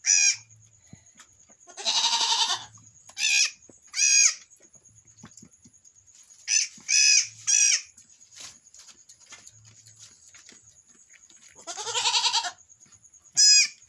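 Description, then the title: Goat bleating in a series of high, quavering cries, some long and shaky, others short and clipped, over a constant thin high-pitched hum. Newborn kid bleating in a farmhouse pen on a small goat farm, born about 5am on 14 January 2022. "My Little Goat Farm"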